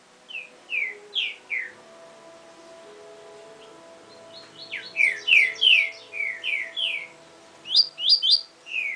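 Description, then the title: Double-collared seedeater song: spaced descending whistled notes, a rich burst of fast high notes, then a few sweeping whistles, over faint steady humming tones. "Canto Coleiro"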